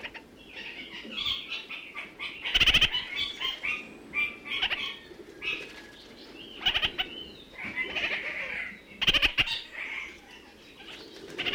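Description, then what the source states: Red-crowned parakeet chatter: bursts of harsh, nasal notes around the upper-middle pitch range, with loud rattling chatters recurring every few seconds over steady background hiss. New Zealand.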